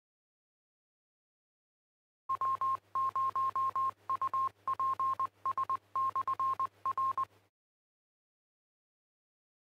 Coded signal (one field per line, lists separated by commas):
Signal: Morse code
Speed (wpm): 20 wpm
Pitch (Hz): 1060 Hz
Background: none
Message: W0UPS/R